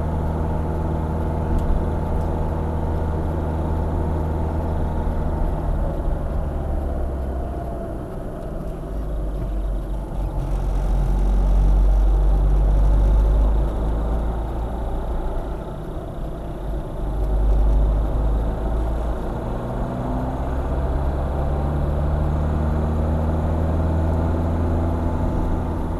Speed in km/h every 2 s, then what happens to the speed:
58, 56, 50, 40, 34, 35, 40, 36, 40, 50, 58, 59, 60.
0-7 slows to 34. 7-15 steady at about 35. 15-20 speeds up to 58. 20-26 steady at about 59.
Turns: none.